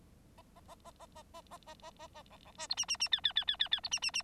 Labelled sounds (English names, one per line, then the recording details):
Bengalese Finch song
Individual Bird9